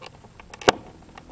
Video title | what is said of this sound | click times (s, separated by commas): ΑΝΤΙΚΑΤΑΣΤΑΣΗ ΤΟΥ ΑΡΙΣΤΕΡΟΥ ΦΛΑΣ ΣΤΟΝ ΚΑΘΡΕΠΤΗ ΤΟΥ KIA RIO | Κουμπώνει μόνο του. Κούμποσε. | 0.7 s